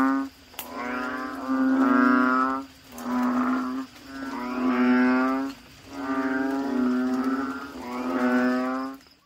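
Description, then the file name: Frog chorus: a few drawn-out, buzzy bleating calls over a continuous droning background. "suara kodok bangkong"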